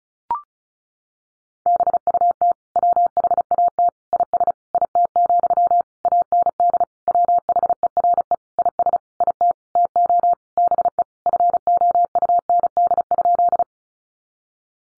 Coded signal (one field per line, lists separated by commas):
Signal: Morse code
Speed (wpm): 34 wpm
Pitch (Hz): 700 Hz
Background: none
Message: BUT WHAT IS IT, AND WHERE IS IT TO BE FOUND?